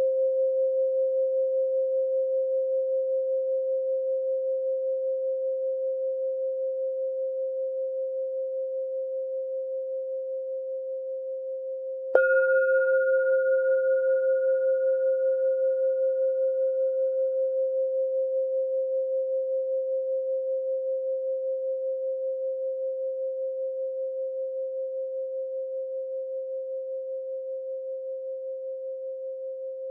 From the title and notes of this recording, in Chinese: 钵音。440Hz。